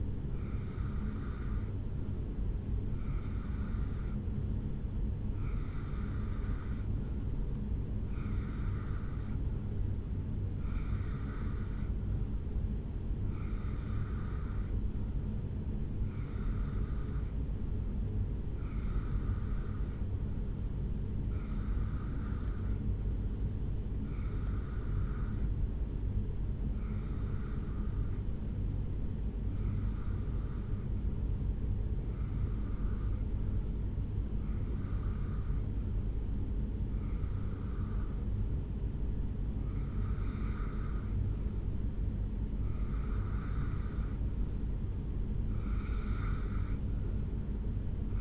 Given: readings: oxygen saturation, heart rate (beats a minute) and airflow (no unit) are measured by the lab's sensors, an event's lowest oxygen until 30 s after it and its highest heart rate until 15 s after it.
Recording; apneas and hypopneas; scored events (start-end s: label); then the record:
breathing in sleep by a smartphone at the bedside; none
22.00-48.21 s: new sleep stage, REM sleep
From the record:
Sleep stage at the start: N2 (light sleep); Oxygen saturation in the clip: 89 to 91%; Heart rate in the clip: 63 to 70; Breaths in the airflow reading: 18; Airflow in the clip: -2.0 to 1.3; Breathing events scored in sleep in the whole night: 449 in 7.0 hours asleep